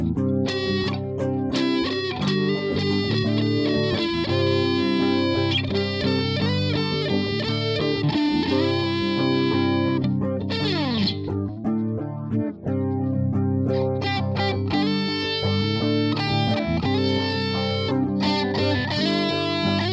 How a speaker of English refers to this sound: Sometimes when you have a lot of overdrive or distortion, you want to make that guitar kind of breathe, otherwise it gets kind of busy if you're playing, you know, very strummy type of chord progressions, right?